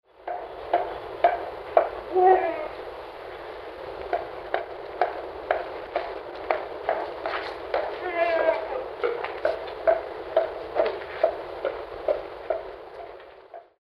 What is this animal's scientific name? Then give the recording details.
Ursus thibetanus. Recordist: Tembrock, Günter. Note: Rufe eines Paares